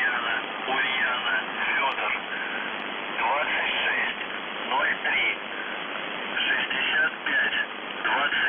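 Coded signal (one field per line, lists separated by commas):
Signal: numbers station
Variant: UVB-76 voice message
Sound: a male voice reading words through heavy shortwave hiss, no buzz heard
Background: radio static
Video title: The Buzzer/UVB-76(4625Khz) April 22, 2021 Voice messages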